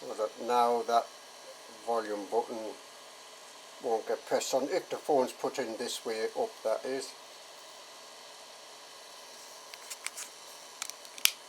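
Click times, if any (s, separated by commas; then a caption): 11.2 s. A mobile phone is pushed into a 3D-printed plastic tripod mount holder while someone talks, followed by a few small clicks and taps around 10.1 to 10.9 s. The phone seats with a sharp, loud snap at 11.3 s, a good satisfying click.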